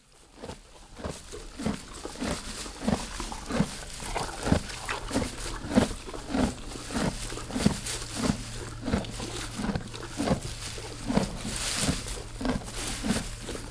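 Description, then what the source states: Canadian horse chewing hay, steady rhythmic crunching bites. Eating hay, recorded near the horse.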